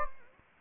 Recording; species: mosquito wingbeat signal from an infrared sensor; Anopheles gambiae